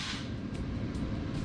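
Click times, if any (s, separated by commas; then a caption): none. A pistol, lined up by its serrations, is slid into a micro conversion kit chassis, heard as a steady broadband rumble with brief higher-frequency swishes around 0.55, 0.95 and 1.4 seconds. Nothing has seated or locked yet.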